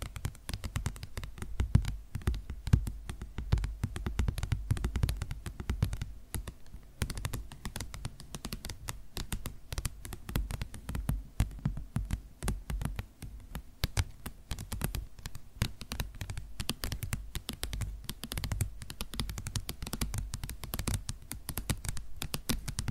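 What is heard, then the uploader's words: Quick, dense tapping runs throughout like fingers on a keyboard, crisp clicks over a low rumble, with no talking and no pauses. ASMR 1 Hour Tapping No Talking For Sleep (Louis Vuitton, Yankee Candle, Bamboo, .)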